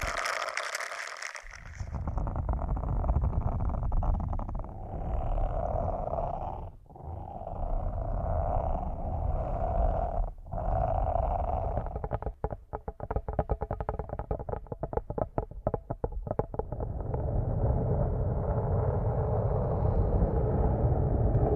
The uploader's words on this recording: ASMR using Headphones as a Mic Brain Melting Massage Triggers. (No Talking).